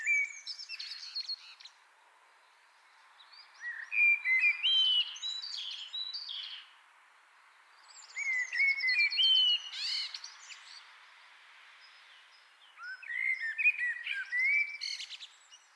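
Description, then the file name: Common blackbird song: several phrases of low, mellow whistles, each finishing in a burst of high, scratchy twittering. "Turdus merula"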